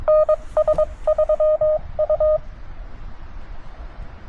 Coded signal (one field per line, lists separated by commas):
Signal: Morse code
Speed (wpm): 23 wpm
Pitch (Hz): 590 Hz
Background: none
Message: NS3U